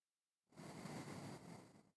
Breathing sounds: one breath near a microphone; exhalation

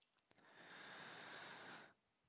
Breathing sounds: one breath near a microphone; inhalation

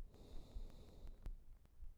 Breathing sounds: one breath near a microphone; exhalation

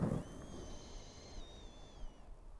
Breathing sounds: one breath near a microphone; inhalation

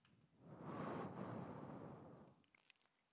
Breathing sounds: one breath near a microphone; exhalation

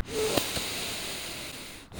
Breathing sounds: one breath near a microphone; inhalation

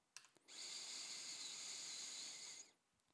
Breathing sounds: one breath near a microphone; inhalation

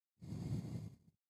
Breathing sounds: one breath near a microphone; exhalation

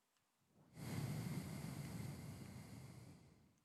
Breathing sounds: one breath near a microphone; exhalation

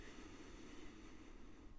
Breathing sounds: one breath near a microphone; inhalation

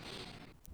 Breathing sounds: one breath near a microphone; inhalation

